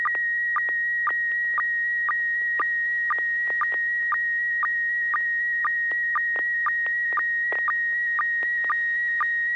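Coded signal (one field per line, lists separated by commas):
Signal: SSTV (slow-scan television)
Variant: PD120 mode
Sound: near-steady whistling tone with short low blips twice a second, occasional clicks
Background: FM radio clicks, low hum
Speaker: we're going to be standing on pv-120 pt120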